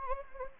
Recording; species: mosquito wingbeat signal from an infrared sensor; Anopheles gambiae